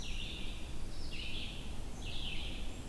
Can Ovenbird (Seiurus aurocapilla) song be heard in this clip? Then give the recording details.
no. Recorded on 22 June 2016 at 08:04. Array SBT-6-76